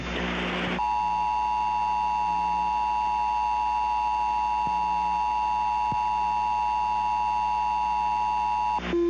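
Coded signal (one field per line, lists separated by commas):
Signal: Emergency Alert System (SAME) tones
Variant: 853 and 960 Hz attention tone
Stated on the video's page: Mock alert for fictional nuclear terrorism, not a real activation.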